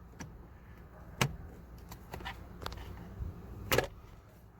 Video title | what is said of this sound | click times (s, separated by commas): HOW TO INSTALL FOG LIGHTS ON A MAZDA 3 (2014-2016) | Okay, you heard that click. That means it's in. | 1.2 s